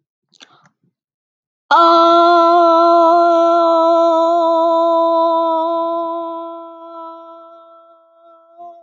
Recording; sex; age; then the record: vowel held as long as possible; female; 20 to 29 years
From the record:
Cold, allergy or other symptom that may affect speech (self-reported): no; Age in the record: 27 years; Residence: Florida, United States